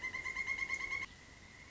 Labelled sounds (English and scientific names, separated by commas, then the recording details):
Pileated Woodpecker (Dryocopus pileatus)
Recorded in Sonoma County, California